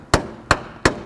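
An aftermarket plastic push-in retaining clip is forced into the air intake boot's duct mount on a 2015 Subaru Crosstrek during an air filter replacement. Three sharp, bright snaps ring out at 0.1, 0.5 and 0.9 seconds against a quiet background. The clip ends up seated nice and tight.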